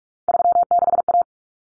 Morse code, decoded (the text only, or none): 36A